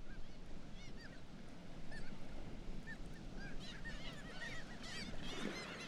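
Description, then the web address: Black-legged kittiwakes calling sparsely at first, then more birds joining with arched nasal notes near the end, over a low steady rumble. "Black legged kittiwake. دانلود-صدای-پرنده-کاکایی-پاسیاه"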